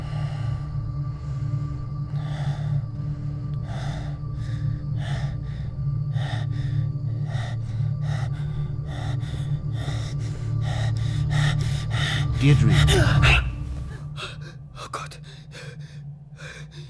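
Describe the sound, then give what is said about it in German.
Rapid, panicked gasping breaths come in quick, ragged succession over a steady low hum, peaking in a loud burst near the end as a voice briefly speaks. “Langsamer ausatmen. Achte auf meinen Atem.”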